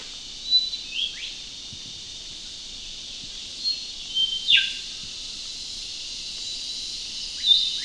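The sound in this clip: Yellow-throated leafbird giving scattered thin whistles and a sharply dropping note, spaced irregularly, against continuous high hiss.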